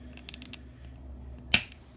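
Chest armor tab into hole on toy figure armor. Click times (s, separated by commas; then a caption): 1.5 s. The fold-down chest piece of a plastic RKF Rider Armor Series 06 Fourze Armor set (Kamen Rider Zi-O) for a toy figure is pushed all the way, with a bit of force, so its tab plugs into a small hole. A few faint light ticks come first, then one sharp, bright snap at 1.6 s. The tab seats in the hole.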